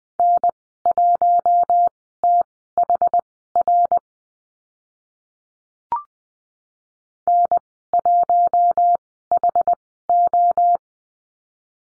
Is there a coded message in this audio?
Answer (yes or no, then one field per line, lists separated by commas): yes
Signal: Morse code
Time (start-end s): 0.2-10.8 s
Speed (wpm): 20 wpm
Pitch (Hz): 700 Hz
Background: none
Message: N1THR N1HO